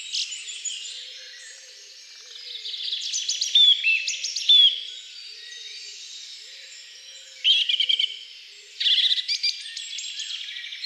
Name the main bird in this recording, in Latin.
Turdus philomelos